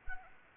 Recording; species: mosquito wingbeat signal from an infrared sensor; Anopheles arabiensis